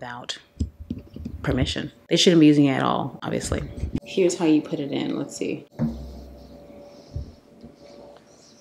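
A part is being put into a small magnetic device. Someone talks while handling it, and a few faint taps are heard near the start. The clip ends before the part goes in, so nothing has seated or clicked yet.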